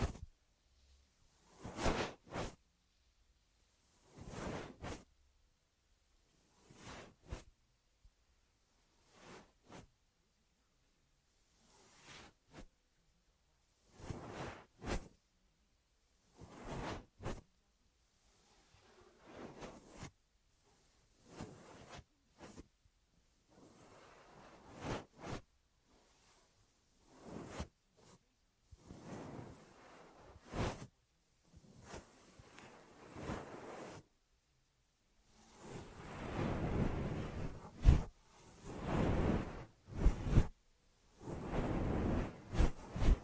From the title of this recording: Ear Massage Triggers